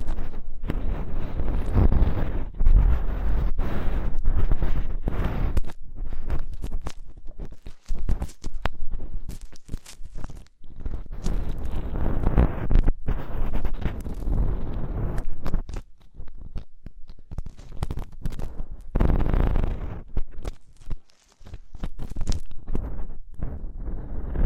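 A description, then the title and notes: Deep ear cleaning: a steady run of low, muffled rubbing and scraping, dense and rumbling, broken by brief quiet gaps around 8, 10 and 21 seconds. Sharper scratchy bursts come and go, with a brighter swell near 19 seconds. ASMR INTENSE Deep Ear Cleaning (No Talking).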